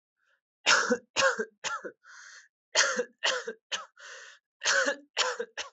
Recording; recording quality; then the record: heavy voluntary cough; excellent, no background noise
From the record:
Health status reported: COVID-19 positive, mild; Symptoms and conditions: cough, cold, sore throat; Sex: male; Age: 22 years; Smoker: not ticked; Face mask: not worn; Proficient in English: yes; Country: India